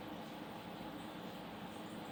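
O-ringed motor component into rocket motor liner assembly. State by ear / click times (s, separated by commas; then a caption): not seated / none. An O-ringed component of a 75mm reloadable rocket motor is pushed by hand into the motor liner assembly against steady, broadband rumbling noise. No distinct click stands out, and nothing has seated or clicked yet.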